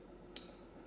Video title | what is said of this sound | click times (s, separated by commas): Folding Pocket Knife Repair | a nice click to it now | 0.4 s